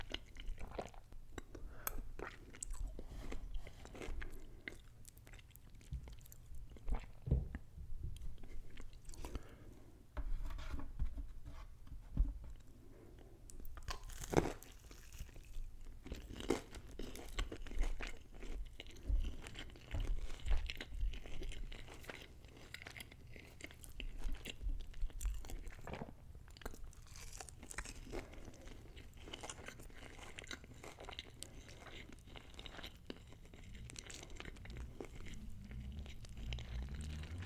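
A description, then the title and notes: Someone eats chicken balls and Szechuan beef, with irregular crunching bites and wet chewing throughout. Sharp crisp clicks stand out around 7, 14 and 20 seconds, while a steady low hum sits underneath and softer smacking continues toward the end. Eating Chinese Chicken Balls & Szechuan Beef Eating Sounds (SUPER TINGLY MUKBANG).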